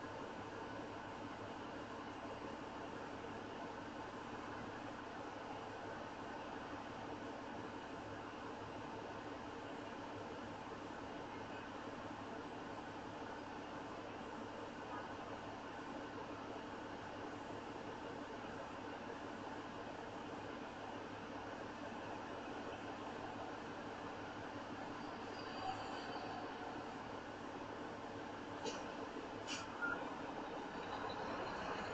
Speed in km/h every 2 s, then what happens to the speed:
0, 0, 0, 0, 0, 0, 0, 0, 0, 0, 0, 0, 0, 0, 0, 3.
0-29 standing.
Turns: none.